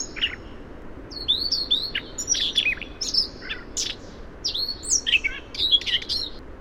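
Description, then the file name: Siberian rubythroat song, a rapid varied run of high whistles, buzzy notes and sharp chirps with quick slurred phrases, continuing with few pauses over a steady low hiss. Variation. "suara siberian rubythroat variasi"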